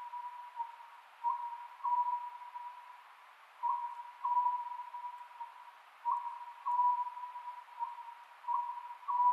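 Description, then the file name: Oriental scops owl giving repeated clipped hooting phrases, each of a few notes, recurring roughly every two and a half seconds against constant background hiss. Japanese name konohazuku; recorded 27 May 2010 at 22:21. "konohazuku-20100527-2221"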